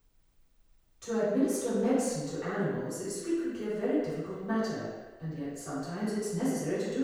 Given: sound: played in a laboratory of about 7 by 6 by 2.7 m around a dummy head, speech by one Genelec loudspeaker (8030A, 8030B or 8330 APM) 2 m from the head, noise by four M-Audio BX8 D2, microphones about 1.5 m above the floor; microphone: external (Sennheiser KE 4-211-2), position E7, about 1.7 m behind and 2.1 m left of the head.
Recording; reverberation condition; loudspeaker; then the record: female speech in English; high; 30 degrees to the left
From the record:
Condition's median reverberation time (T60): about 1300 ms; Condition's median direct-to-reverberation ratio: about -4.0 dB